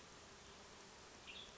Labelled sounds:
Western Tanager
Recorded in Sonoma County, California

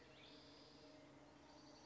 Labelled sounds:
Spotted Towhee
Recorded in Sonoma County, California

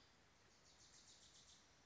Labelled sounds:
Wilson's Warbler
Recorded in Sonoma County, California

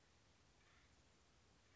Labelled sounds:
Acorn Woodpecker
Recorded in Sonoma County, California

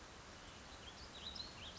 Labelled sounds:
House Finch
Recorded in Sonoma County, California

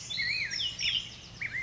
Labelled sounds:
Black-headed Grosbeak
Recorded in Sonoma County, California

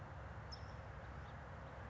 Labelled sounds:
California Towhee
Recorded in Sonoma County, California

